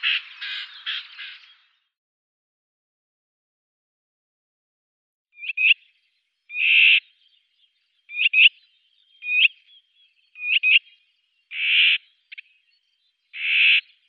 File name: Greater Whitethroat